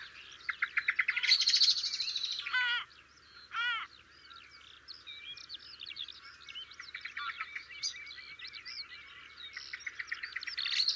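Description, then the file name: Common blackbird giving busy chattering calls, with sharp rising and falling notes and quick twittering runs. "Turdus merula"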